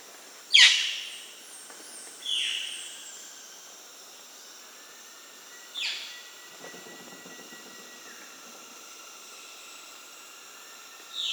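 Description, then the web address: Violaceous jay giving loud, harsh, falling calls, one strong then several weaker, spaced a few seconds apart. Recorded in Peru; Amazon region. "Birds of the Amazon 3. Violaceous Jay (Cyanocorax violaceus), Peru"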